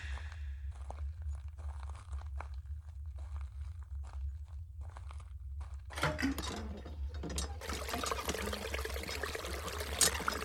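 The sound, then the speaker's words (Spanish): Irregular creaks and clicks of a rainwater hand pump at the back of a kitchen being worked for several seconds, then a steady, loud rush of gushing water takes over and continues to the end over a low hum. “El duodécimo día me dolía tanto la garganta que corrí el riesgo de llamar la atención de los marcianos y ataqué la bomba de agua de lluvia que había al fondo de la cocina.”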